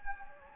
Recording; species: mosquito wingbeat signal from an infrared sensor; Anopheles gambiae